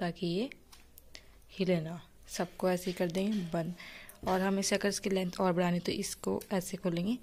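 The remaining plastic flip-lock levers on the tripod leg sections are closed one after another, all shut the same way so the legs stay put, with sharp snaps at 1.0 s and 1.2 s. Someone talks before and after the clicks, and the levers are locked shut.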